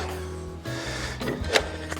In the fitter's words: clicks back into place it's got a two-stage safety